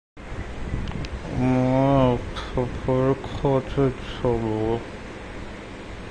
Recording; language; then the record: elicited speech; Bengali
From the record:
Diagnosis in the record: Broca's or global aphasia after a stroke